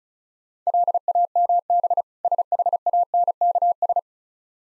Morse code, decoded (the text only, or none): LAMB SHANKS